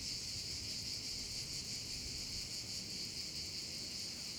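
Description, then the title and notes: Cicadas in a dense, continuous buzzing chorus, high and steady with a faint pulsing, carrying on without a break. Chorus of cicadas over the Vallo di Diano valley, Geoparco Padula, Italy; recorded with a Zoom H6 and MS capsule. "Geoparco Padula - Cicale sulla valle del Diano. Registrato con Zoom H6 e capsula MS"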